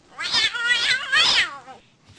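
A cat lets out a long, drawn-out meow that wavers in pitch, rising and falling over about a second and a half, followed by a brief faint trailing sound.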